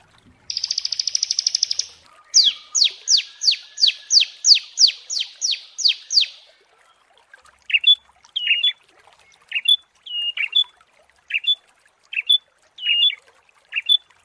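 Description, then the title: Prinia song opening with a fast buzzy rattle, then a run of about a dozen sweeping descending notes, then spaced sharp two-part chips. Prinia song used as masteran training and therapy for birds. "Masteran Terapi Prenjak"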